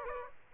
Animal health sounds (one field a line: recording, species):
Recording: mosquito wingbeat signal from an infrared sensor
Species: Aedes aegypti